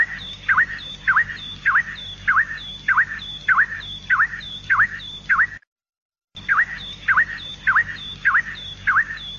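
Canary song phrase of sharply down-slurred whistled notes, repeated a little under twice a second, with a brief break midway.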